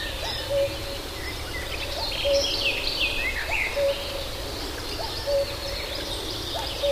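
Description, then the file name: Common cuckoo calling a low two-note cuckoo, the phrase repeated about every one and a half seconds, with higher chirping songbirds and steady background hiss. "Kuckuck"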